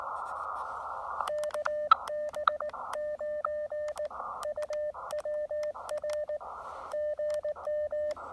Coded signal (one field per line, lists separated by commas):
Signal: Morse code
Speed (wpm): 20 wpm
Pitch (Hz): 590 Hz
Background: radio noise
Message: KB9UWR GM